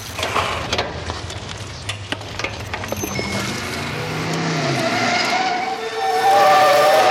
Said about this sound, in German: Vorsicht, Peter, das rote Auto da! Wo kommt der denn auf einmal her?